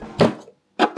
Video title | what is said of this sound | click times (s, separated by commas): I Built an Autonomous Drone at Home: Electronics (4/7) | okay so now the module just clicks in place | 0.2 s